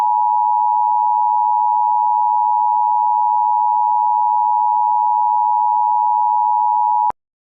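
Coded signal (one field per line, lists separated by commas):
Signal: Emergency Alert System (SAME) tones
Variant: 853 and 960 Hz attention tone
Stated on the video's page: Mock EAS curfew alert generated on a Cable Envoy CEMS-1000 cable alert system.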